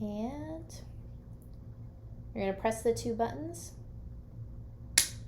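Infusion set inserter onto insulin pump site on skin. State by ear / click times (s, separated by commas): seated / 5.0 s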